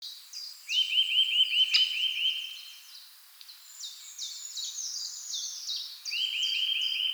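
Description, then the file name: Eurasian nuthatch calling in quick rattling trills, one early and another near the end, set against a busy chorus of high chirping songbirds. "Sitta europaea"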